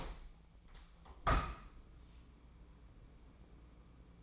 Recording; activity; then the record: daily activity, microphone in the room; open window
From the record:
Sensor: 1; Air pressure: 1012.4 hPa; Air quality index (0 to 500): 168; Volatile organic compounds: 3 ppm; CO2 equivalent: 1373 ppm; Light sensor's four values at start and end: 214/491/217/237 and 217/497/220/242